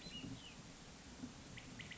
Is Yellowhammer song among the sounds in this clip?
no